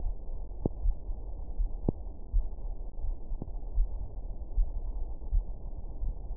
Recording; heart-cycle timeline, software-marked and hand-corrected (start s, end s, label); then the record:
heart sounds
0.00	0.02	diastole
0.02	0.16	S1
0.16	0.32	systole
0.32	0.42	S2
0.42	0.82	diastole
0.82	0.94	S1
0.94	1.08	systole
1.08	1.18	S2
1.18	1.58	diastole
1.58	1.70	S1
1.70	1.86	systole
1.86	1.96	S2
1.96	2.34	diastole
2.34	2.46	S1
2.46	2.62	systole
2.62	2.72	S2
2.72	3.04	diastole
3.04	3.16	S1
3.16	3.30	systole
3.30	3.38	S2
3.38	3.74	diastole
3.74	3.88	S1
3.88	4.04	systole
4.04	4.14	S2
4.14	4.56	diastole
4.56	4.68	S1
4.68	4.84	systole
4.84	4.94	S2
4.94	5.32	diastole
5.32	5.44	S1
5.44	5.60	systole
5.60	5.68	S2
5.68	6.04	diastole
6.04	6.14	S1
6.14	6.32	systole
6.32	6.37	S2
From the record:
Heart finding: coronary artery disease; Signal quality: good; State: rest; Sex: female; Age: 61 years